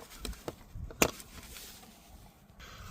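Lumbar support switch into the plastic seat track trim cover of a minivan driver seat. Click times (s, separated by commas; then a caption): 1.0 s. A lumbar support switch is lined up and pressed into the plastic seat track trim panel of a Dodge Grand Caravan minivan driver seat. A few light taps come first, then one sharp click at 1.0 s as the switch seats all the way in and clicks into place.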